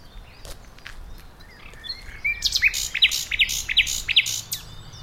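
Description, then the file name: Common nightingale song: a short soft lead-in, then about five loud downslurred notes repeated evenly. "Luscinia megarhynchos"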